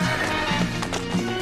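Hurried running footsteps of people running toward a carriage, in the film Gardemariny, Vperyod!, sound as a few quick, sharp thuds over a steady, dense background hum, with no voices.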